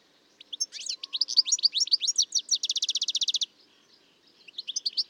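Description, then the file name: European goldfinch song: liquid, tinkling twitters of varied notes that run into a rapid, buzzy trill lasting about a second, then a few more twittering notes. "Carduelis carduelis"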